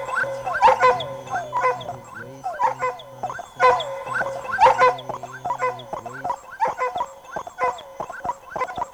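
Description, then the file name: Dog whining in repeated, wavering high notes that rise and fall, in bursts with short gaps, over a steady low hum that stops after about six seconds. "dog recordings"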